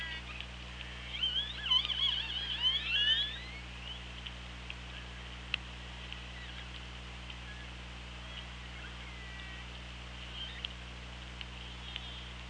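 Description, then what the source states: Orca calls in a brief squealing burst early on, then faint scattered clicks over a low steady hum. Recorded on the OrcaLab hydrophone, 24 August 2017 at 17:02.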